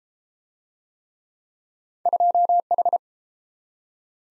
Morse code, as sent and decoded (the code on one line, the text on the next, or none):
..--- ....
2H